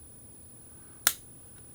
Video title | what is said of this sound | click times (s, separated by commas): FULL RESTORATION: VOSTEED PORCUPINE PURPLE DYE + MAGNET MOD | Okay, now all of that snapped back into place. | 1.1 s